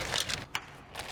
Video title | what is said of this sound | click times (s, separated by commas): Install Video - AL13® Panel | nice snap you can hear that snapping that means you've got it nicely engaged | 0.6 s